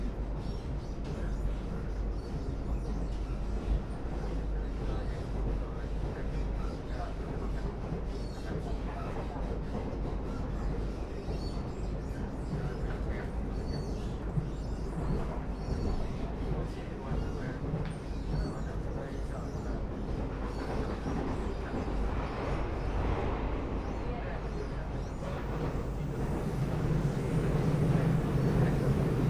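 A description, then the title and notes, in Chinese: A local express train runs between Nangang and Qidu with a steady, dense low rumble and rattle that holds level throughout. Near the end, from about 25 seconds, it swells slightly louder, a low hum rises, and a faint thin high whine appears. 2042區間快車 南港-七堵。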